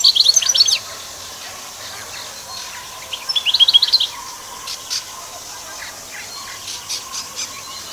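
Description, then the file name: Canary song in two short bursts of rapid high twittering trills near the start and middle, followed by fainter scattered chirps and a steady background hiss. "Canary Voice"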